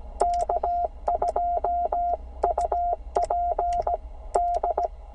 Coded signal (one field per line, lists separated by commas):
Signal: Morse code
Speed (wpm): 17 wpm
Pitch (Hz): 700 Hz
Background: radio noise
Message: K2UPD